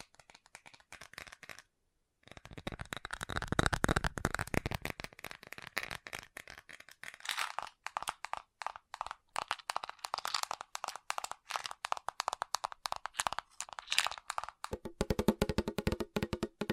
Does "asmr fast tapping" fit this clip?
yes